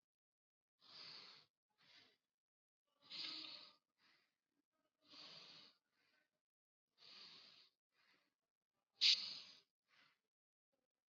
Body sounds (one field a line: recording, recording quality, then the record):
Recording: deep breathing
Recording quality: excellent, no background noise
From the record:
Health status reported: COVID-19 positive, mild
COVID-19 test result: positive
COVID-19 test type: rapid antigen test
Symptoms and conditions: cough, fever, fatigue, muscle pain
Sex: male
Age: 20 years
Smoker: no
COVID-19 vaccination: both doses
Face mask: worn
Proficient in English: yes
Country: India